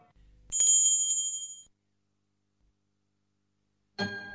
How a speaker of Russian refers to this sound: Вдруг послышался звук колокольчика, и светлый луч скользнул по стене.